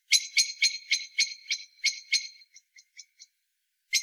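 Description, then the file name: Eurasian blackbird, a steady run of eight harsh clacking notes tailing into soft ticks, then one more note after a pause. "Turdus merula"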